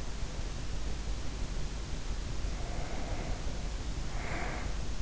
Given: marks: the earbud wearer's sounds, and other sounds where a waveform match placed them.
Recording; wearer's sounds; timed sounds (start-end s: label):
sounds in sleep by an in-ear microphone; breath
2.35-5.00 s: breath